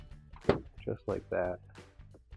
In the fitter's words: push it so they locks into place just like that